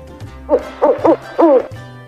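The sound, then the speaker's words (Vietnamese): Cửu Phong, a bird, gives four short, low cooing hoots in quick succession after having its claw stroked, each wavering and bending in pitch with a plaintive, sulky tone, over quiet background with no talking. “Cửu Phong bị sờ soạn trong chốc lát, đột nhiên phát ra tiếng ục ục đầy tủi thân.”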